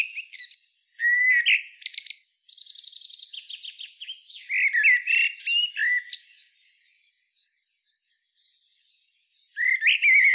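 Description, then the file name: Common blackbird song: mellow whistled phrases with thin squeaky tails, a faint rattling trill, then a pause before the next phrase. "Turdus merula"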